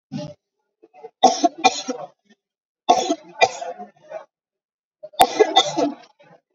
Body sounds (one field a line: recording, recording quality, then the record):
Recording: heavy voluntary cough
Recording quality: excellent, no background noise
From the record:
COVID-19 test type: RT-PCR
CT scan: not taken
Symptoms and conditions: cough, cold, fever, loss of smell and taste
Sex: female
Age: 51 years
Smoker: no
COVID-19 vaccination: both doses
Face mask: worn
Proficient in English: yes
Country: India